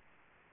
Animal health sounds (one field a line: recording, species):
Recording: mosquito wingbeat signal from an infrared sensor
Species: Aedes aegypti